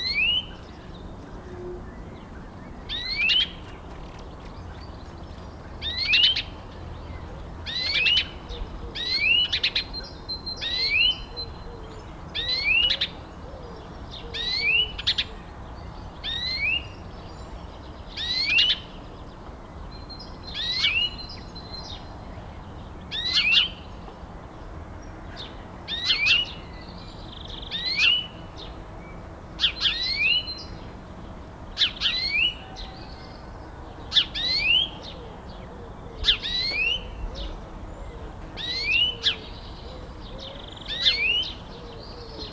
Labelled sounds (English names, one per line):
European Greenfinch call